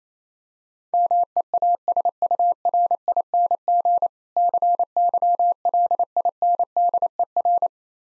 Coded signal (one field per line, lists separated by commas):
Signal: Morse code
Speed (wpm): 28 wpm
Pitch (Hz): 700 Hz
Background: none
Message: MEASURING CYLINDER